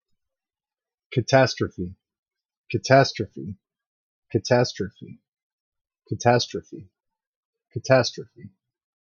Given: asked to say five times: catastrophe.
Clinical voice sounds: repeated word; male; 30 to 39 years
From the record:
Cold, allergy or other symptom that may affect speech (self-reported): no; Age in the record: 34 years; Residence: Georgia, United States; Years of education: 14

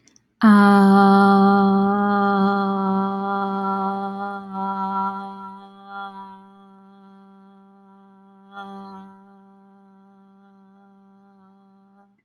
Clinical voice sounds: vowel held as long as possible; female; 40 to 49 years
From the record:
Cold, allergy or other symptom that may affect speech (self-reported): no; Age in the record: 45 years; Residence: Florida, United States

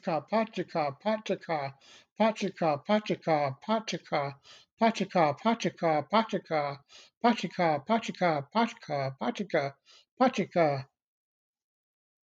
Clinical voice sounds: repeated syllables /pa ta ka/; male; 60 to 69 years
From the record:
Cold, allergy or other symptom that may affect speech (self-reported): no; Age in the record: 60 years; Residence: Pennsylvania, United States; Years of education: 12

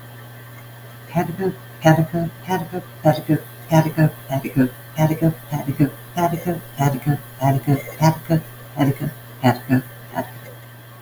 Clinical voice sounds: repeated syllables /pa ta ka/; female; 50 to 59 years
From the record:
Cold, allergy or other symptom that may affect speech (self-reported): no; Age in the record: 57 years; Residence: Arizona, United States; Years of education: 15

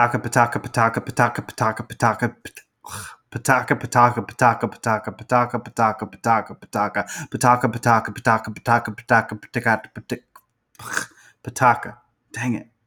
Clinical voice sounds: repeated syllables /pa ta ka/; male; 20 to 29 years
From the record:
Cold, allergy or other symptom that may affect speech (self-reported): no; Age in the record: 27 years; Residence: South Carolina, United States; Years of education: 13

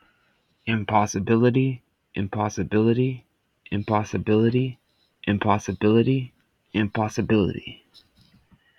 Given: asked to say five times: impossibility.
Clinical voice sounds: repeated word; male; 30 to 39 years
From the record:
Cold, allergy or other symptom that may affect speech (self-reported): no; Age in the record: 32 years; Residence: Washington, United States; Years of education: 13

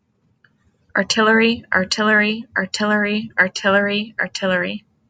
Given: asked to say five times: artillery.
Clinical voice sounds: repeated word; female; 20 to 29 years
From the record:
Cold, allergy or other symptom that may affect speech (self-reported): no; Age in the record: 27 years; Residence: Michigan, United States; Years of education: 16

